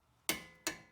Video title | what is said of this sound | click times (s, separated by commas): 2011-2016 Toyota Sienna AWD Front Right CV Axle Replacement How To DIY | torque wrench only goes up to 150 foot-pounds, so we just heard it click at 150, and I'll go a little more. | 0.3 s